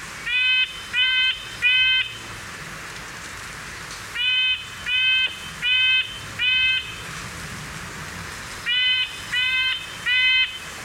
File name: redbreastednuthatch